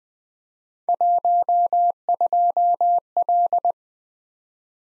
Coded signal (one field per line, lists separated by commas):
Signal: Morse code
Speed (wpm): 20 wpm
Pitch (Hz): 700 Hz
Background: none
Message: 12L